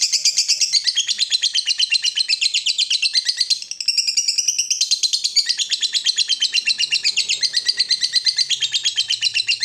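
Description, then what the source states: Yellow-vented bulbul chattering, a dense, fast, steady run of high buzzy notes, with a brief dip partway through before the chatter resumes. Used as a bird lure (pikat).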